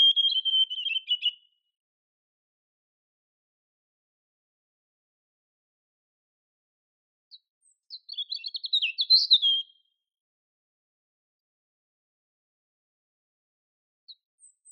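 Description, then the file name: European robin song: a short high trill, a long pause, then a jumbled phrase of quick, thin, warbling notes. "Erithacus rubecula"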